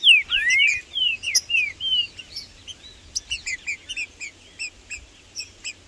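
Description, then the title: Green-winged saltator song: loud, slurred whistled phrases rising and falling in the first two seconds, then a dense run of quick high chirps. Wild, free-living trinca-ferro in the bush, singing, calling and acting macho in a dispute with rivals; birds named Blindado and Tufão. "Trinca Ferro no MATO Cantando e Macheando muito com Solto! Blindado e Tufão no mato"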